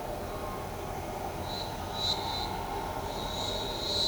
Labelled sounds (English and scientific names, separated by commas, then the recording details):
none
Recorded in shrubland near Pivijay, Magdalena, Colombia, on 17 April 2023 at 15:30
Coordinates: 10.453, -74.365
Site P5-G022